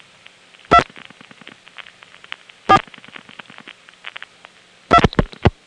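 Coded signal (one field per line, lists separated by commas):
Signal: DTMF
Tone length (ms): 70 ms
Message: 2 4 2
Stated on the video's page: Telephone DTMF and call progress tones from a Step-ESS telephone switching system.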